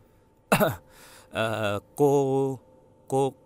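An elderly man at the dinner table gives a sharp, dry cough, then three voiced, throaty clearing sounds in an uneven rhythm, moderately loud with no other sounds around them, after putting down his bowl and chopsticks.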